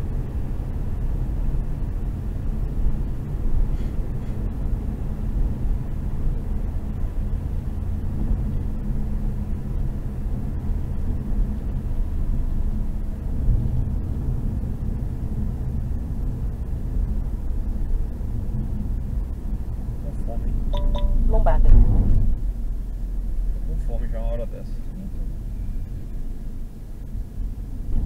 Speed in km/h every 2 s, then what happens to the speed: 109, 107, 105, 101, 98, 94, 85, 83, 79, 76, 58, 49, 45, 41.
0-28 slows to 41.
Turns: none.